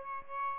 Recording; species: mosquito wingbeat signal from an infrared sensor; Aedes albopictus